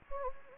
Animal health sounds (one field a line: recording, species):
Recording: mosquito wingbeat signal from an infrared sensor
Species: Anopheles gambiae